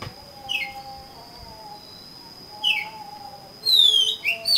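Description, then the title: Oriental magpie-robin giving two short slurred whistles, then a louder burst of high sweeping notes at the end; soft low whistles and a thin steady tone underneath. "Kacer Kacer"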